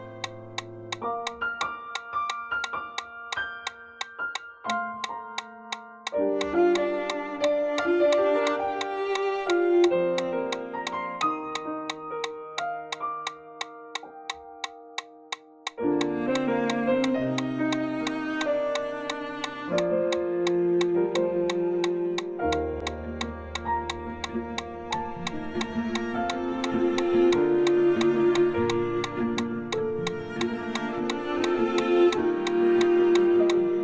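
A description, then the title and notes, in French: A metronome ticks steadily at about 175 beats per minute, its sharp bright clicks running the whole way over a backing of sustained, layered melodic music. The music thickens after about six seconds, and a deep bass line enters near the 22-second mark. L’entrainement consiste à courir 1h15 en endurance à 175 pas par minute en suivant le métronome.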